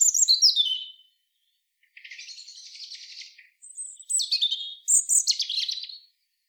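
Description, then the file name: European robin song: a descending warbled phrase, a pause, then a softer scratchy twittering passage followed by bright high whistled trills. "Erithacus rubecula"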